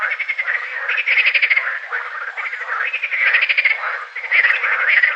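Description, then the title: Water frog giving rattling pulsed croaks in repeated bursts. Green frogs at Combrit, Finistère, France, in June 2010. "Sylvain Jaskowiak - Animus. Grenouilles vertes - Combrit, Finistère - juin 2010"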